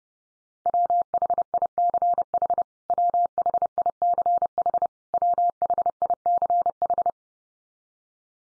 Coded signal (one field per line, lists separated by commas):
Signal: Morse code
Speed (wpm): 30 wpm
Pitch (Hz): 700 Hz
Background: none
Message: WHICH WHICH WHICH